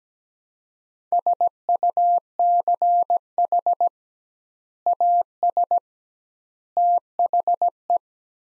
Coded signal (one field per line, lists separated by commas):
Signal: Morse code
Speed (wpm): 17 wpm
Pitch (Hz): 700 Hz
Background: none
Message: SUCH AS THE